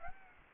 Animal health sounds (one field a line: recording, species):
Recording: mosquito wingbeat signal from an infrared sensor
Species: Aedes aegypti